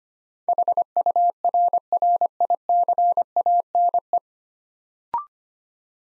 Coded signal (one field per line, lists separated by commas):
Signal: Morse code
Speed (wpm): 26 wpm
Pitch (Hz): 700 Hz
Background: none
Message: HURRICANE